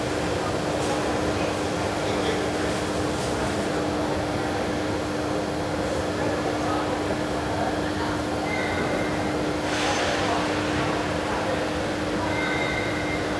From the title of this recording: Train Platform in Rome - People Ambience